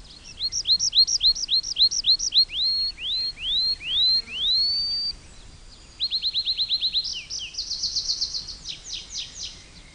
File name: Erdei pityer